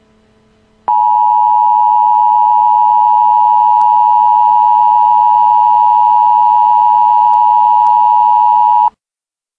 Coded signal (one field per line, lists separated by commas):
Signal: Emergency Alert System (SAME) tones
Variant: 853 and 960 Hz attention tone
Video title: Disney (100 Years, Disney Zombies Variant #2, w/ EAS alert)